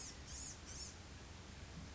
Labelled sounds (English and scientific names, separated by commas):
Blue-gray Gnatcatcher (Polioptila caerulea)